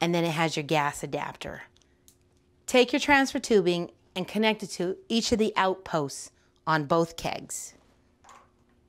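Someone talks while handling transfer tubing, preparing to press its quick-disconnect onto the outposts of two kegs, with a gas adapter on a CO2 tank's tubing also involved. Only faint, brief ticks occur in a quiet gap near 1.8 and 2.1 seconds. Nothing has seated or clicked yet, and the clip ends just before the disconnect snaps home on the keg post.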